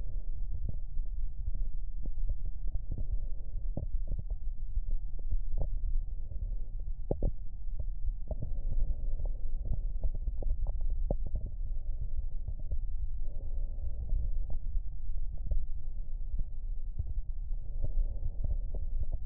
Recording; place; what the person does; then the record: lung sounds by stethoscope; right anterior apical chest; quiet breathing, then deep breathing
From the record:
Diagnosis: asthma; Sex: female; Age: 65 years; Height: 157 cm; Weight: 70.2 kg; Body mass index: 28.5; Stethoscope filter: extended mode